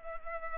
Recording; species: mosquito wingbeat signal from an infrared sensor; Culex pipiens